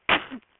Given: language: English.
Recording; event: throat vibration sensor signal played as sound; cough